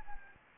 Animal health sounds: mosquito wingbeat signal from an infrared sensor; Anopheles gambiae

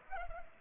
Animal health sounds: mosquito wingbeat signal from an infrared sensor; Culex pipiens

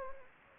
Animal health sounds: mosquito wingbeat signal from an infrared sensor; Anopheles gambiae

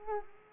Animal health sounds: mosquito wingbeat signal from an infrared sensor; Culex pipiens

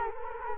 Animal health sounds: mosquito wingbeat signal from an infrared sensor; Culex quinquefasciatus

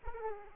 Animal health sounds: mosquito wingbeat signal from an infrared sensor; Aedes aegypti

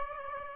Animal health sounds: mosquito wingbeat signal from an infrared sensor; Aedes aegypti

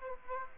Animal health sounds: mosquito wingbeat signal from an infrared sensor; Aedes aegypti

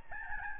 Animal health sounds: mosquito wingbeat signal from an infrared sensor; Aedes albopictus

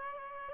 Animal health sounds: mosquito wingbeat signal from an infrared sensor; Aedes albopictus

